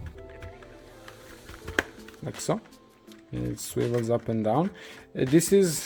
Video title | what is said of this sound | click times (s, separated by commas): MICH 2000 Upgrade guide! From cheap airsoft junk to comfy | and then you have then you have this clip that will click inside of it | 1.8 s